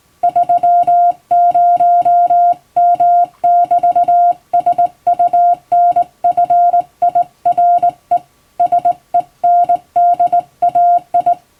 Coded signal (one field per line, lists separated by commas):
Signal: Morse code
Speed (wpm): 19 wpm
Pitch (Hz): 700 Hz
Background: music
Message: 30M<BT>SUNFIRE SENDAI